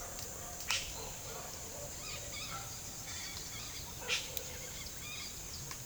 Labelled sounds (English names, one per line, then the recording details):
Yellow-rumped Cacique
Red-bellied Macaw
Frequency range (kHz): Yellow-rumped Cacique 0.7-10.5 kHz; Red-bellied Macaw 0.9-8.2 kHz
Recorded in pastures near Puerto Asís, Putumayo, Colombia, on 25 June 2025 at 14:30
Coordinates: 0.497, -76.327
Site G040